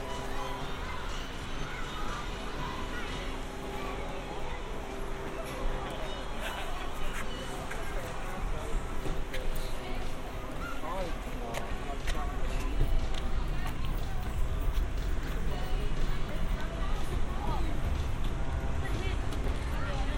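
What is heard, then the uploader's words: A walk along Santa Monica Pier, with a steady crowd babble and voices over a low constant rumble, growing slightly louder after twelve seconds. Santa Monica Pier. A binaural field recording.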